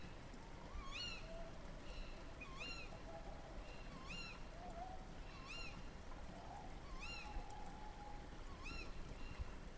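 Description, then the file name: Owl calls: sharp, rising-then-falling squeals rich in overtones, six of them at roughly one-and-a-half-second intervals, with faint lower wavering notes and steady background hiss. Several owls recorded at night at the end of March. "rizhie sovi nochyu v konce marta"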